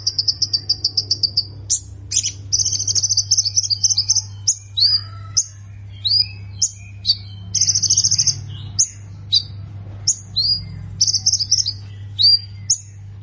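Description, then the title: Plain prinia song: bursts of high, wheezy trilling alternate with short, clipped chirps throughout, and a constant low hum runs beneath. "Ciblek Sawah"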